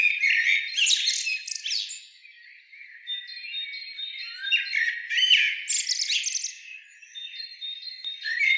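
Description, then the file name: Common blackbird calls: harsh, squawking and chattering notes in dense bursts, with a thin steady high tone running through and a quieter stretch midway. "Turdus merula"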